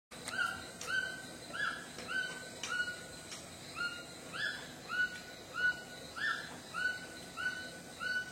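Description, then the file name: White-throated toucan giving a long series of yelping notes, more than one a second, with a few sharp clicks early on. "canto do tucano grande de papo branco"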